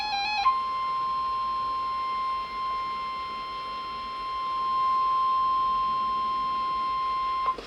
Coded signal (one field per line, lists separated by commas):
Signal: Emergency Alert System (SAME) tones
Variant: 1050 Hz attention tone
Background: music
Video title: Train Horn Interrupts Required Weekly Test (EAS #1,100) 4/18/18